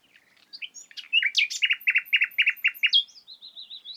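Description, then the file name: Common nightingale song: a few scattered chirps and whistles, then a rapid run of loud, evenly repeated notes, ending in a series of softer high notes. "Luscinia megarhynchos"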